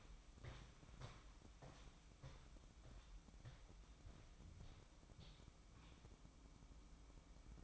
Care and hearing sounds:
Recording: daily activity, microphone in the room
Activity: walk to room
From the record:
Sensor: 1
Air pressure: 1008.2 hPa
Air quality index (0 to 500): 141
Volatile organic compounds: 2 ppm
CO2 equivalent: 1185 ppm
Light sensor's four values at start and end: 9/22/9/10 and 9/22/9/9

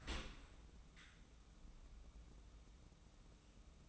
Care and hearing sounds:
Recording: daily activity, microphone in the room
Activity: open dishwasher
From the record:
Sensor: 1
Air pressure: 994.5 hPa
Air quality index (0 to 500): 218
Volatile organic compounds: 1000 ppm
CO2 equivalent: 7838 ppm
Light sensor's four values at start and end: 158/363/163/181 and 155/356/160/178

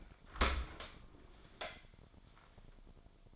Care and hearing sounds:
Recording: daily activity, microphone in the room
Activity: open dishwasher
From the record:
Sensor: 5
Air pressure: 1003.2 hPa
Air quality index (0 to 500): 136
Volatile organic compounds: 2 ppm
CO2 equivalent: 990 ppm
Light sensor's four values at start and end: 77/186/77/87 and 64/153/64/72

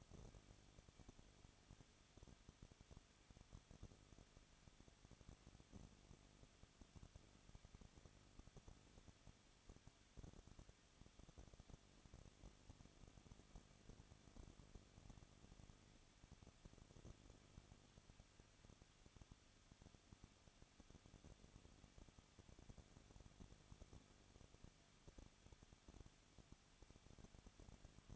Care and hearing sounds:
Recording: daily activity, microphone in the room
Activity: no activity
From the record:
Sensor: 4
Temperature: 23.0 degrees Celsius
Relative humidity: 34.1%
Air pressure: 1007.3 hPa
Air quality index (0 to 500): 214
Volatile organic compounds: 14 ppm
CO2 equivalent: 2468 ppm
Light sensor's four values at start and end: 2/3/1/1 and 2/3/1/1

